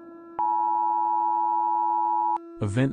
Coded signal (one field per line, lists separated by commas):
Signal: Emergency Alert System (SAME) tones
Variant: 853 and 960 Hz attention tone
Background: speech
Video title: eas scenario catemojibabyheat part 4